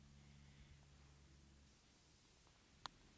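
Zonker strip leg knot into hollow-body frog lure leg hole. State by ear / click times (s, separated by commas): seated / 2.9 s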